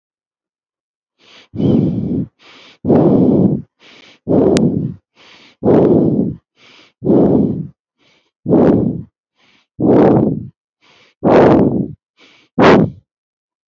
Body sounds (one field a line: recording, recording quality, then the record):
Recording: shallow breathing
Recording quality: excellent, no background noise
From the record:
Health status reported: healthy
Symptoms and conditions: hypertension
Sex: male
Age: 47 years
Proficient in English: yes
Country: India